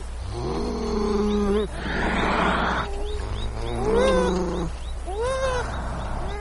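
Beaver whining calls: several drawn-out, harmonic whines, some level and some arching upward then falling, with a burst of breathy hiss between, over a steady low hum.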